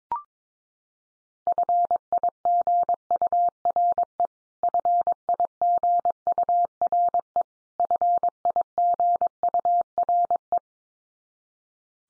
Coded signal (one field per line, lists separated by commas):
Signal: Morse code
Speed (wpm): 22 wpm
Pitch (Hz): 700 Hz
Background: none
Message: FIGURE FIGURE FIGURE